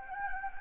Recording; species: mosquito wingbeat signal from an infrared sensor; Anopheles gambiae